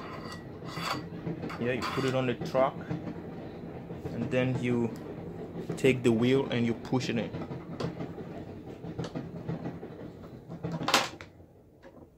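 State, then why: Seated. A skateboard wheel with a bearing is pushed by hand onto the metal truck axle of a DIY electric skateboard while someone talks throughout. A sharp click at about 10.9 s marks the wheel seating onto the axle.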